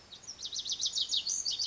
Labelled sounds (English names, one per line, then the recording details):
Lazuli Bunting
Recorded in Sonoma County, California